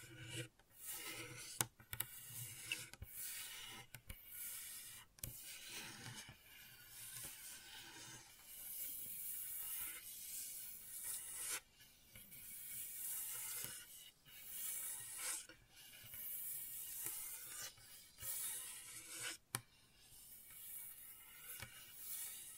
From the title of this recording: Gentle Scratching